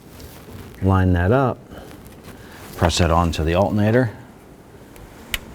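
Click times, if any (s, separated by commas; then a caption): 5.3 s. Someone talks while a gray plastic wiring harness connector is lined up and pressed onto the alternator socket of a 2004-2009 Dodge Durango. A sharp click at 5.3 s shows the connector has seated.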